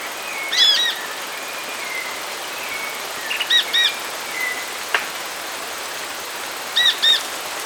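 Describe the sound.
Bird calls: short arched ringing notes in pairs, spaced roughly three seconds apart, with faint thin whistles and a sharp click in between.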